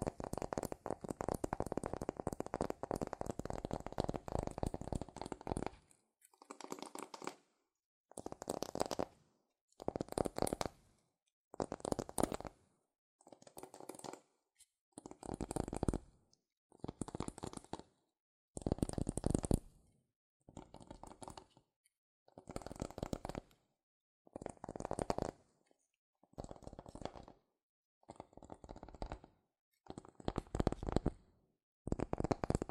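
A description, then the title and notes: Fast scratching and tapping on cardboard and paper, continuous for six seconds, then short rustling bursts every second or so with near-silent gaps. ASMR Fast CardboardPaper Tapping, Scratching, Tracing Sounds ( No Talking).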